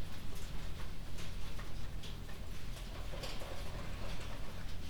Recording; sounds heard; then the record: poultry house recording; no chicken sound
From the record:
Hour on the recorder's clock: 1